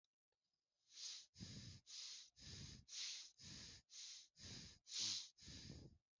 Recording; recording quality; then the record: shallow breathing; excellent, no background noise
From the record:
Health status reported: healthy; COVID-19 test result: not tested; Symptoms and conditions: cold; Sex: male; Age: 40 years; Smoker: not ticked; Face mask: worn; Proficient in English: yes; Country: India